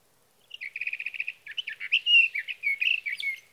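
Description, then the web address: Sage thrasher song that starts with a quick series of repeated identical notes, then rolls into a continuous, varied warble. "birdsongforthecurious Sage Thrasher"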